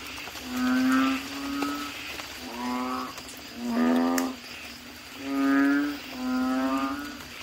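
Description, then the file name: Asian common toad calls: low, buzzy moaning notes rich in harmonics, repeated every second or two over a faint hiss. "suara kodok bangkong"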